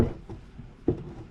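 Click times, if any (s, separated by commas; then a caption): none. On a 1963 Impala, a metal dipstick tube is pushed into the oil pan boss, where its O-rings are missing and the adapter bore seems incompatible. Two short, dull low knocks are heard at about 0.3 s and 0.9 s, the second louder. The tube does not go home, and nothing has seated or clicked yet.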